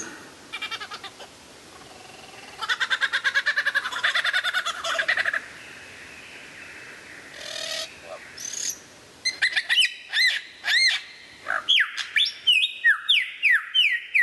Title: mster Mnuk. Mastering Murai Batu Terbaik 2014